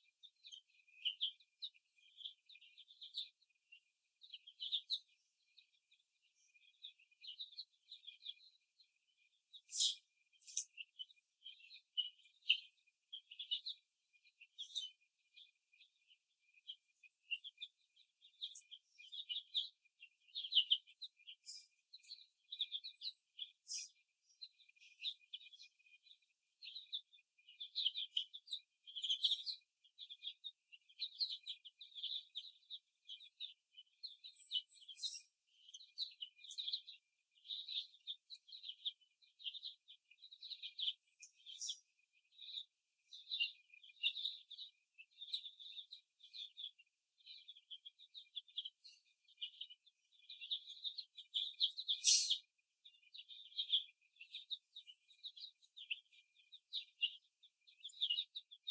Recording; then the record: young laying hens in a cage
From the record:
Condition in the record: before the stressor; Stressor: simulated dog barking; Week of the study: 1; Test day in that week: 2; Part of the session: 2